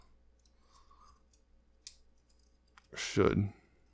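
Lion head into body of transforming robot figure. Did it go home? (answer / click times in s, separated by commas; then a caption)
no / none. The plastic lion head of a Cang-Toys CY-MINI04 Kingmini transforming robot figure is handled and brought down toward the figure's body, with faint plastic ticks and one sharper tap near 1.9 s. Someone talks near the end. Nothing has seated or clicked into place yet.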